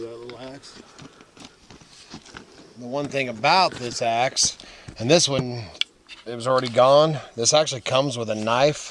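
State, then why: Not seated. Someone talks while handling an axe that comes with a small knife stored in a slot in its handle, with a few faint handling taps in the first 2.5 seconds. The knife has not yet clicked into the axe handle slot, so nothing has seated.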